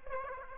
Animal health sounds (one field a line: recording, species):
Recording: mosquito wingbeat signal from an infrared sensor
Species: Aedes aegypti